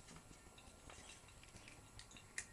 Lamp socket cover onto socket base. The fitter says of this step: put over it, snap in place.